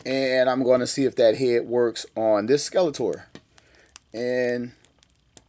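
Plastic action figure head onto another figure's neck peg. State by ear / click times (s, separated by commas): partly seated / 5.4 s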